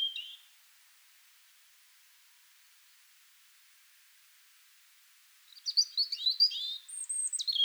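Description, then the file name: European robin gives a brief high note, falls silent for several seconds, then sings a rapid jumble of thin, twittering notes. "Erithacus rubecula"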